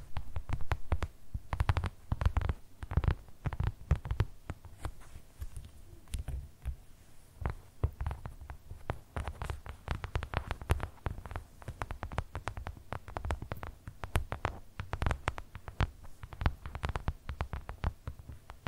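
Tapping runs nonstop for the whole stretch, quick and irregular, sometimes in fast flurries and sometimes in sparser single hits. Each tap has a dull, thumpy low body with a crisp click on top, and the strongest burst of activity comes in the first few seconds.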